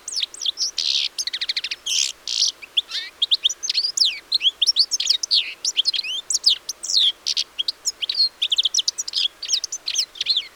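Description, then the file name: European Goldfinch singing, a dense run of tinkling chirps, rattling trills and buzzy notes, steady throughout. "Carduelis carduelis"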